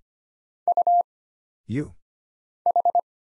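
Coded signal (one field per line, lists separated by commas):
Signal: Morse code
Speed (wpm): 25 wpm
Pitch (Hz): 700 Hz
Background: none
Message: U H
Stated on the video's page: Single-character Morse drill for instant character recognition at 25 wpm: letters, numbers, punctuation and prosigns, each sent, spoken, then sent again.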